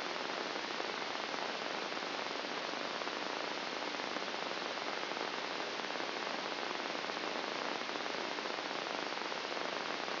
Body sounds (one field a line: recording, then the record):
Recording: brain microelectrode recording played as sound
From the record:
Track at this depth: inside the subthalamic nucleus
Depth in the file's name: 1.427 mm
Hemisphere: left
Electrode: 2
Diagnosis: Parkinson's disease